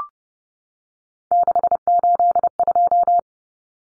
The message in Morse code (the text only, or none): 682